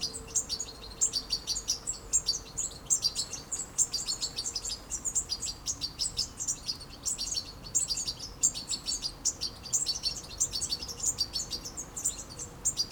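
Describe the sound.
European goldfinch twittering rapidly in lively high bursts, chirps tumbling one after another almost without pause; a faint steady low tone runs underneath.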